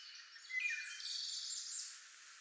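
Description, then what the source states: Wood thrush song phrase, a brief pure whistled note leading straight into a fast, shimmering high trill lasting about a second. Nine songs.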